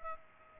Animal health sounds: mosquito wingbeat signal from an infrared sensor; Aedes aegypti

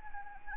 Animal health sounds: mosquito wingbeat signal from an infrared sensor; Anopheles arabiensis

